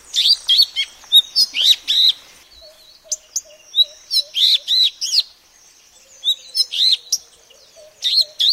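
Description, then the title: Madagascar magpie-robin song: bursts of varied whistled and buzzy notes, some rising and falling, in quick phrases with short pauses, over a faint low repeated piping note. "suara burung kacer madagaskar"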